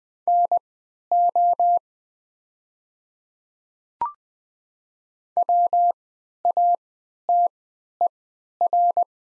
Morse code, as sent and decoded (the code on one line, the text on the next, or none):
-. --- / .-- .- - . .-.
NO WATER